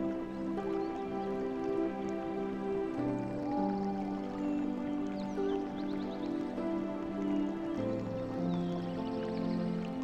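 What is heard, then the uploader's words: Music with jungle sounds: sustained, overlapping low tones shift chords around three and eight seconds, while quick bird chirps flicker above and water drips. Sleep Music With Ocean and Jungle Sounds – Relaxing Blue Screen Scene – Ocean and Full Moon.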